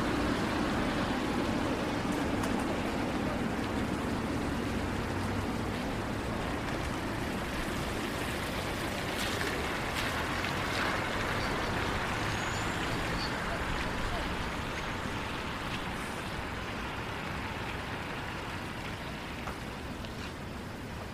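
A rainy downtown walk at night: a dense, steady wash of rain and wet street hiss fills the whole clip at an even level. Low traffic rumble runs underneath, with faint voices and a few brief clicks and taps scattered throughout.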